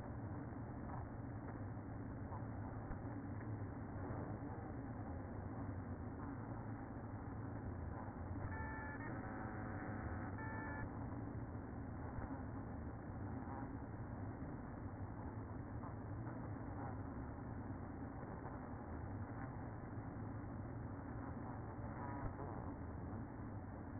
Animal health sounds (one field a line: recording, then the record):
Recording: honeybee colony, microphone inside the hive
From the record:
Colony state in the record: queen present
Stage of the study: after two queens were removed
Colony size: about 60,000 bees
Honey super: yes